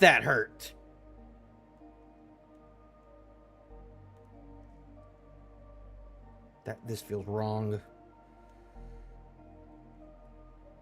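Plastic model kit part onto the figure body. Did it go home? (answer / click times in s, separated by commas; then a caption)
no / none. A plastic snap-fit part of a 1/12 scale Clone Trooper model kit figure is handled and pressed toward its mating piece on the figure body, while steady soft music plays underneath. There is a brief burst of handling noise at the start, and someone talks around 6.7–7.8 seconds. Nothing has seated or clicked yet by the end of the clip.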